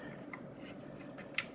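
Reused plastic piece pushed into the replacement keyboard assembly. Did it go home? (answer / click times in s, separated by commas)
no / none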